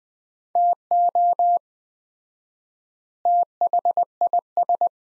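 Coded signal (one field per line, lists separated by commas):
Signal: Morse code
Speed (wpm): 20 wpm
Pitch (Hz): 700 Hz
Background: none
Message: TO THIS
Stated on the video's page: Morse practice at 20 wpm sending sets of two words with 4x word spacing, a Farnsworth-like approach applied to words.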